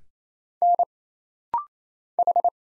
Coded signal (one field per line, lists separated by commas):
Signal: Morse code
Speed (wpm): 27 wpm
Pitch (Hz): 700 Hz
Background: none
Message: N H